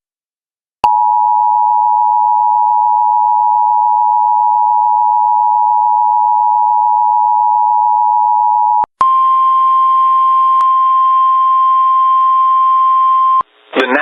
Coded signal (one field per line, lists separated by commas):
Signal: Emergency Alert System (SAME) tones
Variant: 853 and 960 Hz attention tone